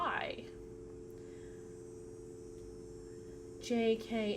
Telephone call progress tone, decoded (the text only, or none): dial tone